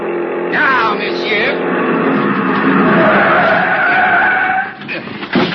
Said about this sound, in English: The other driver had jammed on his brakes and finally skidded to a stop against the curb.